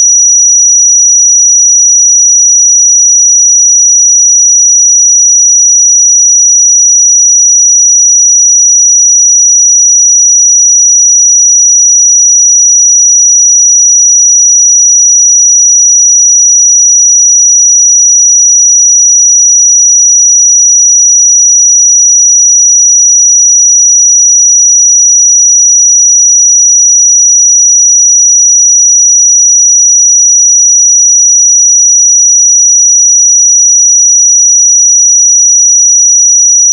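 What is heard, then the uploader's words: A pure sine tone holds at 5835 Hz for the full 37 seconds, thin and piercingly high. Its pitch and loudness never change, with no pulses, gaps or other sounds underneath, just one unbroken whistle-like note. 5835 Hz 1 Hz Interval Sine Pure Tone Frequency 441000 Sample Mono.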